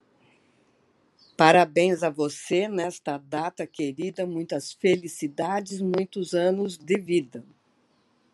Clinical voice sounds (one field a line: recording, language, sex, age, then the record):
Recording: short text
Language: Brazilian Portuguese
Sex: female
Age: 70 to 79 years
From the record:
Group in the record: control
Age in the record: 74 years